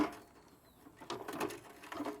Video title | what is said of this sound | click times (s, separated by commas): ⭐️⭐️ 2 YEAR Joolca HotTap REVIEW - Portable 12V CAMPING Shower ⭐️⭐️ | listen for the click and push it up that's on | 1.1 s